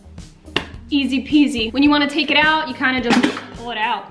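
A plastic and metal basket is pushed into the body of a Magic Chef air fryer (2019, snack size, about nine pounds) and snaps into place with a sharp click at 0.6 s. Someone talks afterward as the basket sits seated in the housing.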